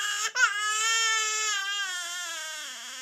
A normal baby crying.